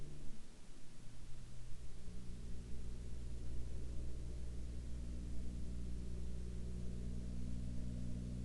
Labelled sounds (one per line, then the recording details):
man-made sound
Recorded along the Dempster Highway, Canada, on 10 April 2019 at 23:02
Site 22